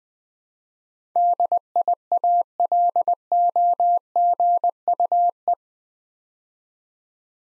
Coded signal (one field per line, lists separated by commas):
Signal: Morse code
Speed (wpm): 20 wpm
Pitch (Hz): 700 Hz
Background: none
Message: DIALOGUE